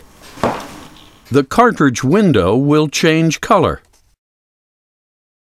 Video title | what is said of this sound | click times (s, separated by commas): HX Diagnostics fluID Rapid Influenza Test | listen for an audible click | 0.4 s